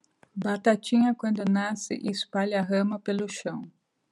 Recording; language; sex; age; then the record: short text; Brazilian Portuguese; female; 50 to 59 years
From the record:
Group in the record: control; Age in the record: 53 years